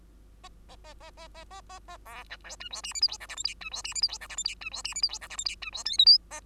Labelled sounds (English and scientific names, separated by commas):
Bengalese Finch (Lonchura striata domestica) song